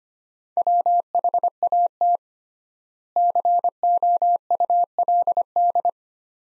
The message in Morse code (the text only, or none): WHAT COULD